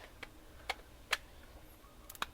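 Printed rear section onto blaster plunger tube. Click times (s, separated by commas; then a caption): 2.2 s. The 3D-printed plastic rear section of a foam blaster is pushed onto its plunger tube. A few short, sharp plastic ticks sound over a quiet background. The part locks into place with a final click at 2.2 s.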